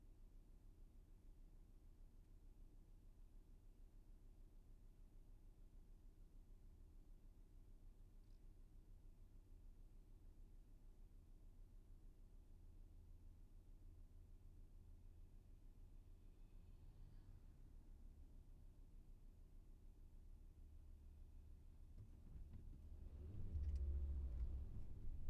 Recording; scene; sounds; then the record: everyday scene through a hearing-aid microphone; in a vehicle; engine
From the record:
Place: VW T5 Caravelle, diesel engine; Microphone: behind the ear, left, front